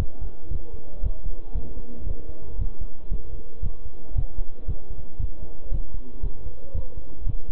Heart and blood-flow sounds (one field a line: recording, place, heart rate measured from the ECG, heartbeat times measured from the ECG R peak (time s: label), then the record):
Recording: heart sounds by stethoscope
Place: between the tricuspid and mitral areas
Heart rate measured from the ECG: 116 bpm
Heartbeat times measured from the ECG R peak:
0.00 s: heartbeat
0.52 s: heartbeat
1.04 s: heartbeat
1.55 s: heartbeat
2.07 s: heartbeat
2.60 s: heartbeat
3.12 s: heartbeat
3.63 s: heartbeat
4.16 s: heartbeat
4.68 s: heartbeat
5.20 s: heartbeat
5.72 s: heartbeat
6.24 s: heartbeat
6.75 s: heartbeat
7.27 s: heartbeat
From the record:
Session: bicycle stress test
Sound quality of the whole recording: good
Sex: male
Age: 23 years